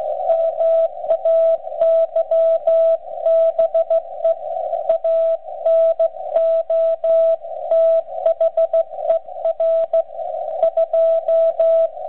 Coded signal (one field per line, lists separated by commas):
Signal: Morse code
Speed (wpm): 15 wpm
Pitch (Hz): 660 Hz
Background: radio noise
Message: MAYBE ANOTHER 2